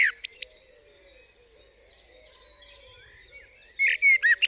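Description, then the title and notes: Blackbird song fragments: thin high notes at the start, a long quiet stretch, then a few bright sliding whistled notes. Singing on a studio roof, UK, 8 April 2020 around 7am during Covid-19 lockdown; recorded with a parabolic dish, MKH50 and MKH30 microphones in M/S and a Sonosax R4+ recorder. "Blackbird On A Still Morning. I would like to share this recording I made this morning on the 8th April 2020 around 7am. A Blackbird singing on the roof of my studio"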